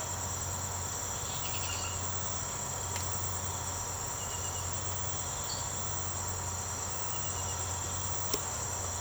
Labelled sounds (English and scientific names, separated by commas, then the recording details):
none
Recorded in secondary vegetation near Puerto Asís, Putumayo, Colombia, on 24 March 2025 at 02:30
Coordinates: 0.468, -76.324
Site G059